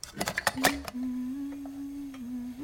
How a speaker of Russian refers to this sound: Консервным ножом Лиэн открывает банку с супом.